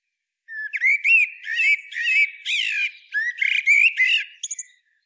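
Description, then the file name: Common blackbird delivering one continuous flowing song of mellow whistled notes that rise and fall, finishing in a few thin, scratchy twitters. "Turdus merula"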